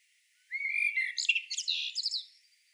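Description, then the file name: Common blackbird giving one song phrase, a smooth fluted whistle running straight into a jumble of high, scratchy twittering notes. "Turdus merula"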